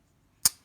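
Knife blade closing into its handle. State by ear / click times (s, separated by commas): seated / 0.5 s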